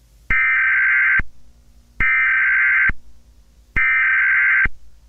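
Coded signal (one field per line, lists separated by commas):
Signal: Emergency Alert System (SAME) tones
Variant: header bursts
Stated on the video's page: Mock Required Monthly Test for New Jersey, a simulated EAS alert rather than a real broadcast.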